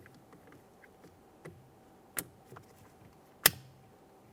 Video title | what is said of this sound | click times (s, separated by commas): How to Replace Multi Function Switch 2008-2017 Mitsubishi Lancer | There's our click. | 3.5 s